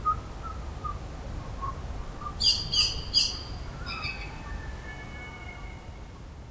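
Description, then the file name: Common blackbird calls: a short burst of three sharp, high clicking notes in quick succession, with a thin steady whistle from another bird and soft low background rumble. "Turdus merula"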